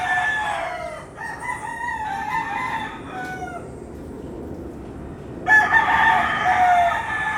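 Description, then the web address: Chicken: rooster crowing, a long wavering crow with a stepped, broken rhythm, a pause, then a loud, harsh crow begins from another bird. Several roosters crowing at dawn in Puerto Rico. "puerto rico coqs aube PRico"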